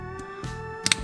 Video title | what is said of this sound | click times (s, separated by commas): FULL BUILD - REBUILDING A CRASH DAMAGED JAGUAR F TYPE SVR | there's that one they snap into place nicely | 0.9 s